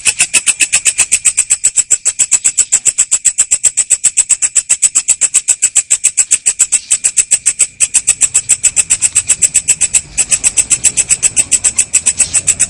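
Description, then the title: Cricket's rapid pulsed trill running continuously, briefly faltering twice. Loud cricket chirping ('ngerik') played to make lovebirds keep singing ('ngekek'). "Suara JANGKRIK NGERIK Keras Bikin LOVEBIRD Jadi NGEKEK Terus Vubey"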